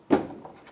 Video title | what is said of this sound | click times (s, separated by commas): How to Replace Bumper 1997-2001 Lexus ES300 | Make sure it clicks, that's secure. | 0.1 s